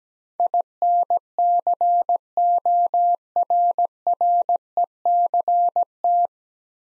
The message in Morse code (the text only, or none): INCORRECT